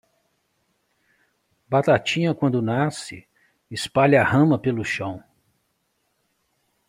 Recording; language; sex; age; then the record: short text; Brazilian Portuguese; male; 50 to 59 years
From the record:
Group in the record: control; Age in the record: 59 years